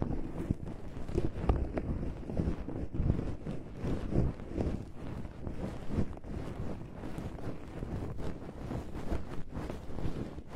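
Soft ear cleaning sounds: a continuous, muffled rustling and rubbing that stays dense and low-pitched for the whole stretch. Faint crackly flicks and brushes pop up every second or so, and the level holds steady without pauses.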